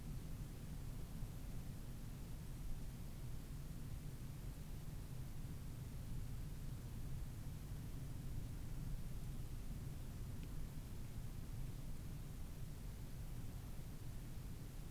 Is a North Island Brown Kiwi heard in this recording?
no